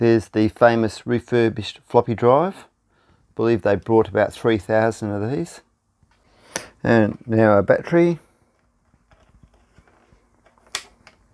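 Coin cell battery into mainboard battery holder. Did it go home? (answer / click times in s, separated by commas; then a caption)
yes / 10.8 s. Someone talks, then a coin cell clock battery is pressed into its holder on the Mega65 computer's mainboard. A sharp snap at 10.8 s marks it seating in place.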